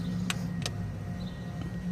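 The last new spark plug wire boot is pushed onto its terminal on the distributor cap, with a steady low hum underneath. Two sharp, short snaps are heard at 0.3 s and 0.7 s as the boot goes on. The wire is seated on the cap.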